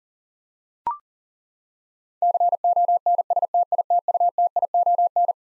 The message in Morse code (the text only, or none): CONSTITUTION